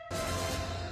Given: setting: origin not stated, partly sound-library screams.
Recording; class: one-second piece from a danger detection set; woman in danger